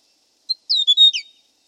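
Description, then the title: Hill prinia call, a single short burst of high, sharp chirps and slurred notes, sliding down at the end, against a silent background. "prenjk gnung. Suara burung prenjak gunung"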